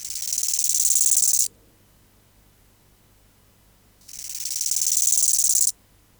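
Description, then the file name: Bow-winged grasshopper song: two high, buzzy phrases, each swelling in volume for about one and a half seconds, with a gap of over two seconds between them. "Chorthippus biguttulus"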